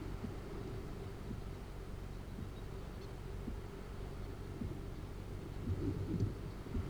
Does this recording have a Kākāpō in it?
no